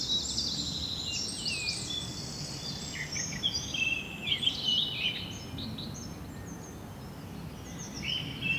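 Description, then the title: Birds calling: several high chirps and short twittering phrases overlap throughout, with a steady low rumble underneath. Bird ambience recorded in Seneffe, Belgium, with a Sony PCM-D100 using its internal microphones. "Rue du Rossignol 7, 7180 Seneffe, Belgique - Birds ambience"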